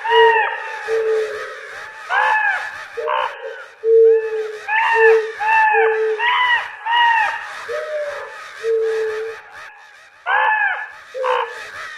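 Crow caws tumble out roughly once a second, loud arched calls from more than one bird overlapping, with a brief lull near the end.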